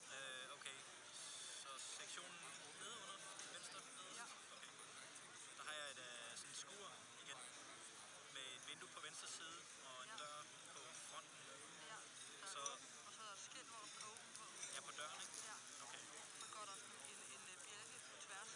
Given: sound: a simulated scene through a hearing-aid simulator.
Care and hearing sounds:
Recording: conversation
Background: cafeteria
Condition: 0 dB SNR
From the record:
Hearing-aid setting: I (fast-acting compression, audibility-based gain)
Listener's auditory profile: C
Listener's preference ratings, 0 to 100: 5, 18, 10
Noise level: 65 dB SPL

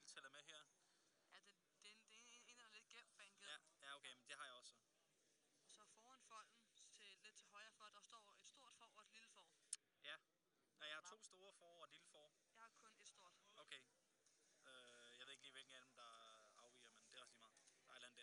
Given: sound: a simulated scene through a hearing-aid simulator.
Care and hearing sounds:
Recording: conversation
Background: quiet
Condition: 55 dB SPL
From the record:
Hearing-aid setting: IV (slow-acting compression, loudness normalization)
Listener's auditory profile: A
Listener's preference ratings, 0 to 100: 79, 62, 93

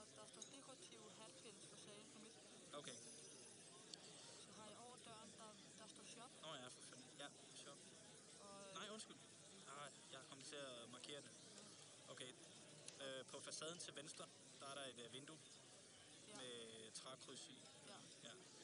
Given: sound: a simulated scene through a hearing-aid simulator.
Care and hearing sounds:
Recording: conversation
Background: cafeteria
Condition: +4 dB SNR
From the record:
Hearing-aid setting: II (fast-acting compression, audibility-based gain, advanced features for about 2.5 dB of SNR improvement)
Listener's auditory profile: D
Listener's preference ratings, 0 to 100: 63, 83, 91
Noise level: 65 dB SPL

